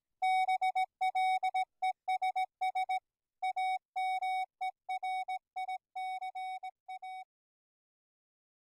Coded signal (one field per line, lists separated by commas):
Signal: Morse code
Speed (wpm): 17 wpm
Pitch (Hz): 750 Hz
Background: music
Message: BLESS AMERICA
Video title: FRS & GMRS Radios - Privacy Tones and Codes are not Private or Secure